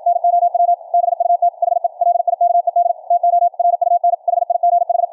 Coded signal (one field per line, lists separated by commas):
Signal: Morse code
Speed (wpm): 52 wpm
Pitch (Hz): 700 Hz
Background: none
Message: NOW BUT HE LIKED TO RUN HIGH